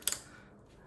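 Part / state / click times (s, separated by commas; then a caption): 9005 LED high beam bulb into its mounting collar or headlight housing / seated / 0.1 s. A 9005 (HB3) LED high beam bulb on a 1998-2002 Toyota Corolla is lined up with its notch and pressed into its mounting collar in the headlight housing. A sharp click at 0.1 s, with a smaller tick right after, shows it has seated.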